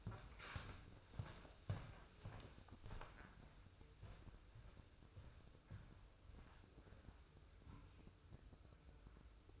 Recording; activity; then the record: daily activity, microphone in the room; walk to room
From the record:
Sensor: 2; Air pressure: 995.4 hPa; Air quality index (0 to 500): 83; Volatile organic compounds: 3 ppm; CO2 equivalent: 1496 ppm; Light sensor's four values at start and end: 23/74/29/28 and 23/75/30/28